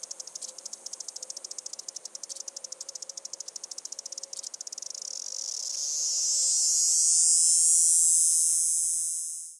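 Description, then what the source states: Cicada song: rapid dry clicking pulses at first, swelling after about six seconds into a loud continuous high buzzing whine that fades at the end. Recorded in Arizona.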